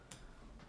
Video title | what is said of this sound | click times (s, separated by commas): Ruger Precision® Rimfire Reassembly Tech Tip | two legs just kind of swing out around and then just snap into place | 0.1 s